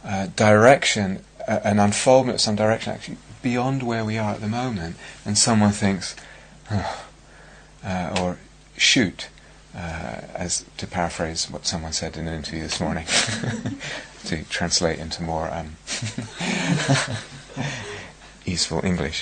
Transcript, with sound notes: direction, an unfoldment of some direction, actually beyond where we are at the moment, and someone thinks, "Ugh," or, "Shoot," to paraphrase what someone said in an interview this morning. [laughter] To translate into more... [laughter] easeful English.